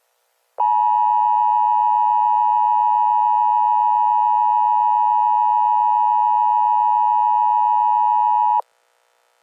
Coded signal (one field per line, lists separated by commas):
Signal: Emergency Alert System (SAME) tones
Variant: 853 and 960 Hz attention tone